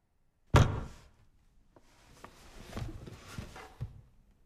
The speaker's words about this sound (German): Sie fiel gegen die Tür.